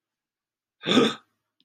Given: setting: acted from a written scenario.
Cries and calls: vocal sound without words; positive surprise

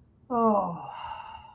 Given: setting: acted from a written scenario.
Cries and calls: vocal sound without words; relief

